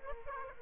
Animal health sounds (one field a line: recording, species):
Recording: mosquito wingbeat signal from an infrared sensor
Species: Aedes aegypti